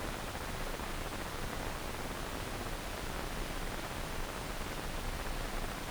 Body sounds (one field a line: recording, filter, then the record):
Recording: brain microelectrode recording played as sound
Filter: wide band, above 20 Hz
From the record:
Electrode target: subthalamic nucleus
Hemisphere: left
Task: reaching with the right hand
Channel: 1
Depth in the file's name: 1.267 mm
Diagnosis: Parkinson's disease